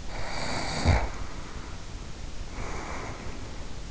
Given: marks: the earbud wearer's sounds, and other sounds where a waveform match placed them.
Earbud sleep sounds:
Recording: sounds in sleep by an in-ear microphone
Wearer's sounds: snoring breath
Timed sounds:
0.01-3.74 s: snoring breath

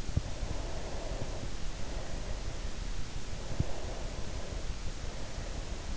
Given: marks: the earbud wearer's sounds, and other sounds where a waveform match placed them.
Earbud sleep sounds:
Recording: sounds in sleep by an in-ear microphone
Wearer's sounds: breath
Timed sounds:
0.54-3.01 s: breath
3.66-5.87 s: breath

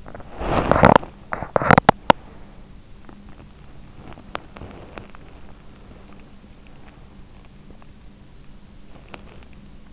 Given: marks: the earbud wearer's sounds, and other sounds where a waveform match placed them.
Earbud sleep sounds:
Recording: sounds in sleep by an in-ear microphone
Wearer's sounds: teeth grinding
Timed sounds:
0.00-2.34 s: teeth grinding

